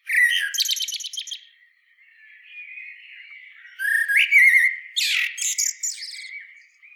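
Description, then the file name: Common blackbird: a song phrase ending in high twittering, a quiet stretch with faint birdsong, then another loud phrase of mellow notes and high squeaks. "Turdus merula"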